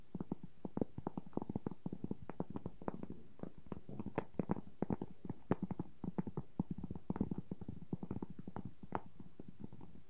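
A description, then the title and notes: Wooden objects tap against each other in a fast, irregular clatter that runs the whole ten seconds, several knocks per second. The knocks are dry and mostly low to mid in pitch, a few sharper ones standing out, with soft scraping between them. ASMR No Talking Wooden Objects Tapping and Scratching.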